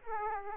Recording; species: mosquito wingbeat signal from an infrared sensor; Aedes aegypti